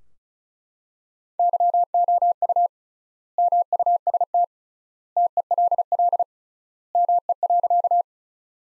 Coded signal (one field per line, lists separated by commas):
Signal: Morse code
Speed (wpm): 34 wpm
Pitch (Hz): 700 Hz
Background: none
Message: YOU MUST TELL ME.